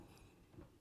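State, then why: Not seated. A flat-panel TV's mounting rails are being handled against a fixed metal wall bracket as the TV is tilted back and slid on, before being pushed down onto the base. Only soft, low rumbling handling noise is heard, with a slight swell around 0.6 s. Nothing has seated or snapped into place yet.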